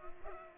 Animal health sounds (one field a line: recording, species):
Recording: mosquito wingbeat signal from an infrared sensor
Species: Culex pipiens